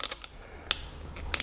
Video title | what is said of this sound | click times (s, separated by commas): Race Car Safety Gear | depress the spring and it slides back and locks into place | 0.7 s